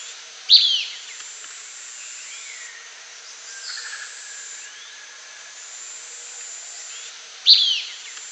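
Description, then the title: Blackish pewee calls: two sharp, high, downslurred notes about seven seconds apart, with faint insect hum and soft bird notes between them. Subspecies canescens. "LuckyPassaro Completos2Sama. Blackish Pewee (Contopus nigrescens canescens)"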